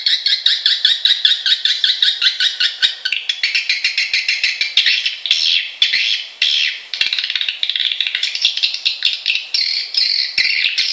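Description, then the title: Swiftlet chirping calls, rapid repeated high twittering notes in quick succession, with scattered clicks. Swiftlet lure call used to attract birds, from Kalimantan. "undang burung walet. Suara Walet Kalimantan"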